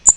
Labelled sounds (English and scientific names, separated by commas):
Blackpoll Warbler (Setophaga striata) flight call